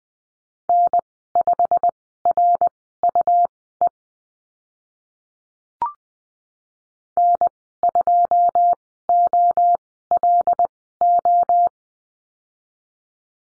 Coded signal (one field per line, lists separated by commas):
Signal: Morse code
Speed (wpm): 20 wpm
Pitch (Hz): 700 Hz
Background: none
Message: N5RUE N2OLO